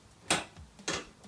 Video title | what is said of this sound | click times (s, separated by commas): E-Brake Cable Replacement & Top Re-Installed - 1980 Mk1 Rabbit Convertible Project Episode 26 | it is with two clicks I can't budge | 0.3 s, 0.9 s